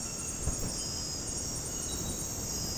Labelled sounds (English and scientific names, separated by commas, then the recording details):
none
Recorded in dense forest near Puerto Asís, Putumayo, Colombia, on 20 February 2024 at 02:30
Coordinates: 0.486, -76.316
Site G6437